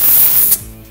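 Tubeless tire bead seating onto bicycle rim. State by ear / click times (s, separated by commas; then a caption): not seated / none. A mountain bike tubeless tire is being inflated on its rim with an air compressor, and a loud, broadband hiss fills the first half-second before it cuts off abruptly, leaving a quiet, low hum. The bead has not popped onto the rim seat yet, and nothing has seated.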